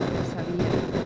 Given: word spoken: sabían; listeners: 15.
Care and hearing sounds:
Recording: one Spanish word in noise, from a listening test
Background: noise modulated by three-talker babble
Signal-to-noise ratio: -6.5 dB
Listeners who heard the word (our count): 3 of 15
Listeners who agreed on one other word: 7 of 15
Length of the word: 0.66 s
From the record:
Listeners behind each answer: 7, 3, 2, 1, 1, 1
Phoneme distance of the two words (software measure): 17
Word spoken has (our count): 3 syllables, 6 phonemes, stress on syllable 2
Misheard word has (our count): 2 syllables, 5 phonemes, stress on syllable 1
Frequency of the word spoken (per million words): 19.92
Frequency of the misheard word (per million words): 5.49

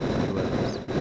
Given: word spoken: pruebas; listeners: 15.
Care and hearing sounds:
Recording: one Spanish word in noise, from a listening test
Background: noise modulated by three-talker babble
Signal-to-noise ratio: -7.6 dB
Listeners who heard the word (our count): 2 of 15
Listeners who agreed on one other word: 7 of 15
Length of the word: 0.61 s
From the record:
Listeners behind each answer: 7, 2, 2, 2, 1, 1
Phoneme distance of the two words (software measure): 44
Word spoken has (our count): 2 syllables, 7 phonemes, stress on syllable 1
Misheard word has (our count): 2 syllables, 7 phonemes, stress on syllable 1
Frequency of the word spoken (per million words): 75.39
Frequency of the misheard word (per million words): 0.99

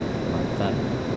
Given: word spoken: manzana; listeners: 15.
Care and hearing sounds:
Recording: one Spanish word in noise, from a listening test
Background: speech-shaped noise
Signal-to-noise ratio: -5.2 dB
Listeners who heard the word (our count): 4 of 15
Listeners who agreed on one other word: 8 of 15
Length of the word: 0.76 s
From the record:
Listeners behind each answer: 8, 4, 1, 1, 1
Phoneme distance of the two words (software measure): 34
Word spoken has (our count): 3 syllables, 7 phonemes, stress on syllable 2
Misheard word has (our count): 2 syllables, 5 phonemes, stress on syllable 2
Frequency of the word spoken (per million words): 15.08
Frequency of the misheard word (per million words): 36.28

